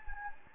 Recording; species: mosquito wingbeat signal from an infrared sensor; Anopheles gambiae